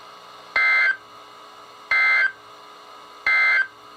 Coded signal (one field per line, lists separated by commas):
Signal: Emergency Alert System (SAME) tones